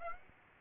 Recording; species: mosquito wingbeat signal from an infrared sensor; Aedes aegypti